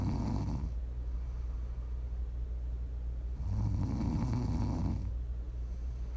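Low, rumbling snores come with each breath of a sleeping adult, one ending at the start and a fuller one lasting about a second and a half, spaced roughly three seconds apart. It is ordinary sleep snoring over a steady low background hum.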